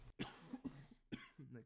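Several short, loose coughs in quick succession from an adult woman.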